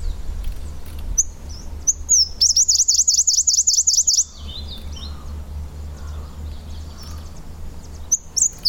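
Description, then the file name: Claudia's leaf warbler giving a high, rapid wavering trill of about a dozen rising-falling notes, framed by scattered thin high calls, over low steady rumble. "warbler-claudias-leaf -Phylloscopus-claudiae"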